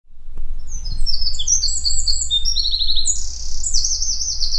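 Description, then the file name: Eurasian wren singing, a rapid stream of high metallic notes and buzzy trills that continues almost without pause, with a low background hum. "Troglodytes troglodytes"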